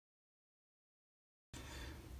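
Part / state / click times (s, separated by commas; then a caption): click-type torque wrench on cylinder head bolts / not seated / none. On a 2003 Ford Ranger engine, cylinder head bolts are tightened with a click-type torque wrench set to 100 ft-lb; the wrench never clicked at that setting, so the end bolts were instead set to roughly 90–95. The clip is silent for about 1.5 seconds, then steady low-level broadband noise with a low rumble runs to the end. The wrench has not clicked.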